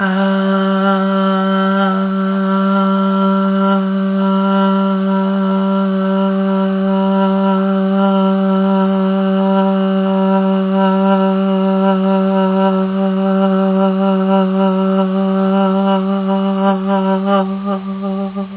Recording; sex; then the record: sustained vowel /a/; female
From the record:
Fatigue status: no fatigue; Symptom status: symptomatic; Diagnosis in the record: COVID-19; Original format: 3gp